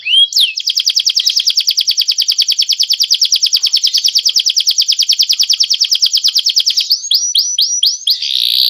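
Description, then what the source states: Bird song: a rising whistle, then a long fast high trill, ending with several quick upward-sweeping whistled notes. Masteran recording used as a training model for songbirds.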